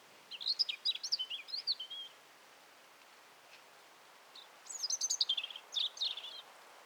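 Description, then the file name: European robin song: two phrases of high, jumbled tinkling notes and trills separated by a pause, over a steady background hiss. "Erithacus rubecula"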